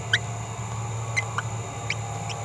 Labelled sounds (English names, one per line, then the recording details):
Green-rumped Parrotlet babbling
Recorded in a nest box in Venezuela
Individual 18B17A4